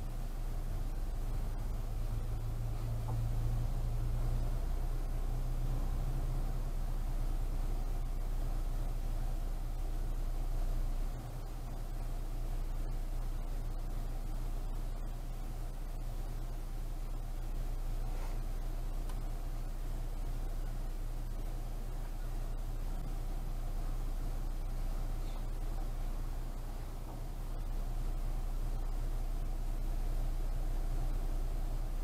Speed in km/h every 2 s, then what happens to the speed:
5, 5, 5, 5, 5, 5, 5, 5, 5, 5, 5, 5, 5, 5, 5, 5.
0-32 steady at about 5.